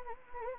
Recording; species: mosquito wingbeat signal from an infrared sensor; Anopheles gambiae